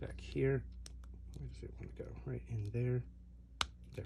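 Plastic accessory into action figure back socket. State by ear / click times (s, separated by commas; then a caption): seated / 3.6 s. Someone talks while pushing a plastic armor or accessory piece into a socket on the back of an action figure. It pops into place with a sharp snap at 3.6 seconds, and the piece is seated.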